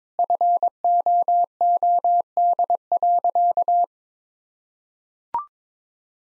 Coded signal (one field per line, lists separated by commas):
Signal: Morse code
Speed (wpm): 22 wpm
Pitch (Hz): 700 Hz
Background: none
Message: FOOD.